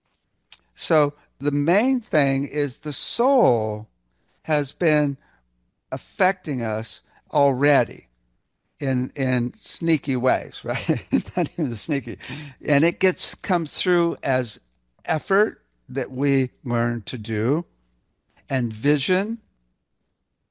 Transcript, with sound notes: So the main thing is the soul has been affecting us already in- in sneaky ways, right? (laughs) Not even sneaky. And it gets, comes through as effort that we learn to do, and vision